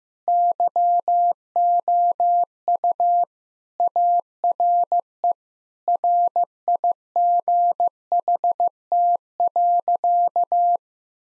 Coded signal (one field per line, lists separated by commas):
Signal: Morse code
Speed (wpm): 15 wpm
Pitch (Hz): 700 Hz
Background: none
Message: YOU ARE RIGHT.